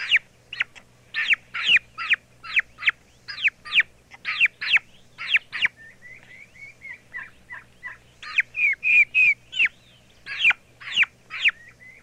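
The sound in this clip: Young turkey calls: rapid, high peeping notes in quick runs, easing into softer, thinner whistled peeps midway before the loud peeps return; a faint low hum underneath.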